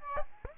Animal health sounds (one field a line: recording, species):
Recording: mosquito wingbeat signal from an infrared sensor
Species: Aedes aegypti